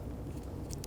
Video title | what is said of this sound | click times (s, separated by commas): How to Replace Front Exterior Door Handle 2005-10 Jeep Grand Cherokee | snap right in | 0.7 s, 0.8 s